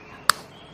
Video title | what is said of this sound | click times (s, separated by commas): WILD HUNTER: TUTORIAL MENGGUNAKAN SENAPAN PCP YANG AMAN‼️KAMANDER - IRPAN RIADI - KALBAR | Nah, itu suara kliknya, teman-teman bisa dengar. | 0.3 s